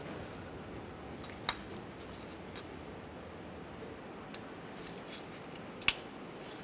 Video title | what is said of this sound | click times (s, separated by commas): How to Replace Camshaft Position Sensor 2007-2013 Acura MDX | hear a click on that with all the pulley in place | 5.9 s